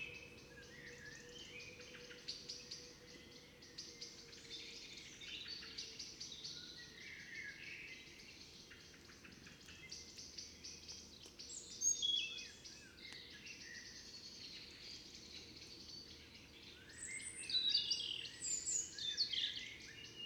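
An evening outside a fox den, filled with a steady chorus of chirping and twittering birds. Calls overlap densely throughout, with brighter, louder bursts near twelve seconds and again from about seventeen seconds onward, over a constant low hum.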